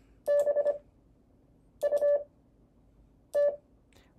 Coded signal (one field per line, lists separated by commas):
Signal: Morse code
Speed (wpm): 25 wpm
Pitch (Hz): 580 Hz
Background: none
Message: BUT